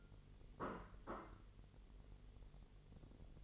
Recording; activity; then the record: daily activity, microphone in the room; place plate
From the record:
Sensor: 4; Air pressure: 1002.9 hPa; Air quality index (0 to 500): 247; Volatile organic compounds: 20 ppm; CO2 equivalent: 2685 ppm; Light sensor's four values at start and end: 5/12/4/5 and 5/12/4/5